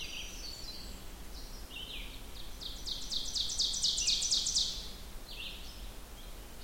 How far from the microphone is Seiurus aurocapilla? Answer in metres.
about 55 m